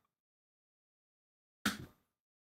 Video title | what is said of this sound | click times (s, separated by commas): How to Build a PC Live – Giveaways + $4300 Build in the Thermaltake L20 GT (11900 K / GIGABYTE … | 93.4 on that one 93.4 that was pretty good solid clicks | 1.7 s